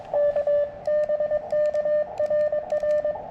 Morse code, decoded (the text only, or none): K BK RR